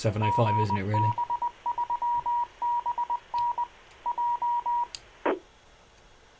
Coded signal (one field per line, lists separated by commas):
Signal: Morse code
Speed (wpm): 20 wpm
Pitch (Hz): 960 Hz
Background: speech, radio noise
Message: GB3BN J E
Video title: Friday night HAM RADIO FLASH LIVE STREAM